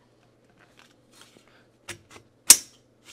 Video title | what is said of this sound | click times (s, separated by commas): ZINUS 7 Inch Metal Smart Box Spring - Assembly & Review | there you go a little snap right there | 2.5 s